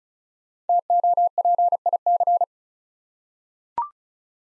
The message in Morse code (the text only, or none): TOPIC